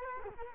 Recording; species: mosquito wingbeat signal from an infrared sensor; Culex quinquefasciatus